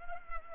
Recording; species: mosquito wingbeat signal from an infrared sensor; Culex pipiens